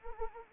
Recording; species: mosquito wingbeat signal from an infrared sensor; Anopheles arabiensis